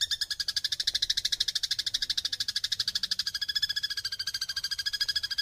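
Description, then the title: Eurasian tree sparrow giving a fast, steady chattering trill of harsh buzzy pulses, continuing unbroken for the whole stretch. Sparrow singing persistently (gacor) with dense nyecret chattering, used as masteran for training songbirds. "Burung Gereja Gacor Nyecret Rapat"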